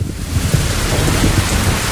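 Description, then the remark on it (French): A thunderstorm rumbles with deep, steady low thunder beneath a constant hiss of heavy rain, the roar holding fairly loud and even throughout with no voices. “Hop, là, il y a toujours de l'orage. On est en voiture, on est bien là.”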